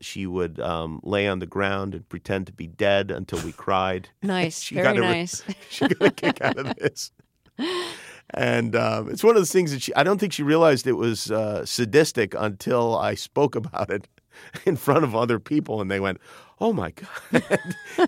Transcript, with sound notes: she would lay on the ground and pretend to be dead until we cried.
Nice. Very nice.
She got a real kick out of this.
(LAUGHTER)
And it's one of the things she - I don't think she realized it was sadistic until I spoke about it in front of other people and they went, oh my god.